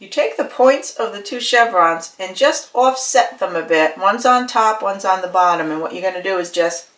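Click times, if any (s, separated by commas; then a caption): none. Two punched paper chevron border strips are held offset, one on top and one below, with their points lined up to be pressed so they interlock. Someone talks throughout, and the clip ends before the strips are clicked together, so nothing has seated or clicked yet.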